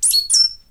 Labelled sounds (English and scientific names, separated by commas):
Stitchbird (Notiomystis cincta) song